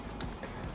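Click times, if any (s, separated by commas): 0.2 s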